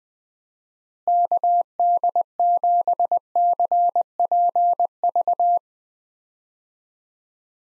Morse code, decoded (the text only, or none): KD7CPV